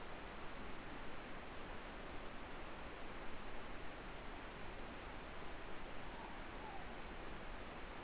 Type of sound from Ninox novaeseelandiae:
more-pork call